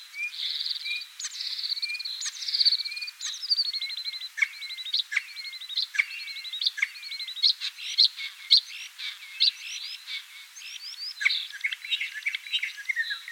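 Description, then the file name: Common starling song: varied whistled phrases, falling slurred notes and rapid clicking trills running on without pause. "Skvorec obyknovennyj Sturnus vulgaris - (Zvyki com)"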